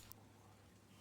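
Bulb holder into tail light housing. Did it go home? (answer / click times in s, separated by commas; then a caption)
yes / 0.1 s. A brake light bulb and its holder on a 2014–2016 Highlander or Sienna are inserted together into the plastic tail light housing and turned clockwise. A short, sharp click sounds at 0.1 s over a steady low hum. The holder twist-locks into the housing and is now secure.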